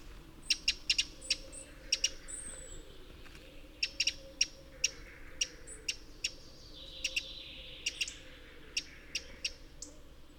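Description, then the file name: Eurasian wren calls: sharp, dry clicking notes given singly and in quick pairs or triplets throughout, with faint high thin whistles and a low steady hum behind. "Troglodytes troglodytes"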